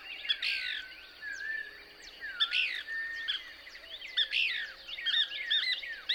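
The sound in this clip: Couch's Kingbird twittering, busy run of high chirps and slurred notes, dense and excited, with faint background hiss.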